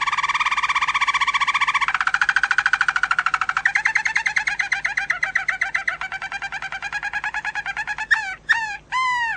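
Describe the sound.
Domestic canary song beginning with a dense buzzy trill that loosens into slower distinct notes, ending with a few loud swooping slurs.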